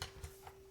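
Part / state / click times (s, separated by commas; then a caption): magnetic tab of keyboard wrist rest section into keyboard case / seated / 0.0 s. The magnetic tab of a transforming keyboard's detachable wrist rest section is refitted into the keyboard case, giving a short, soft tick at 0.0 s as it snaps and locks into place. Fainter ticks follow around 0.2 s and 0.5 s over a steady low hum. The tab is seated.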